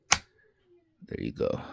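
A double-sided SO-DIMM RAM module is pushed down into the memory slot of an Alienware M15 R7 laptop until the retaining clips catch, and it snaps into place with a sharp click at 0.1 s. After a quiet gap, someone talks. The module ends up locked into place and flush, a tighter fit than the old ones, probably because it is double-sided.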